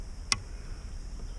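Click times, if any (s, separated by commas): 0.3 s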